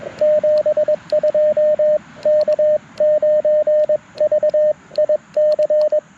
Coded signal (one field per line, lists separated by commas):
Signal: Morse code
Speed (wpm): 22 wpm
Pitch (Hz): 590 Hz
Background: radio noise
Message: 72 K9VIC